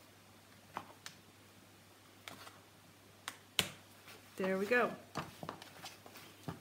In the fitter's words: We heard the little snap, so it snapped in.